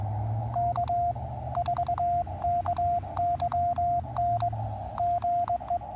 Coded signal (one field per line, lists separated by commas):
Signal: Morse code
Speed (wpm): 21 wpm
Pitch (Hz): 700 Hz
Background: radio noise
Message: K4KYN GE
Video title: Cootie Key Morse Code CW POTA activation of Lowden State Park, Oregon IL with K9NUD 3 of 3 that day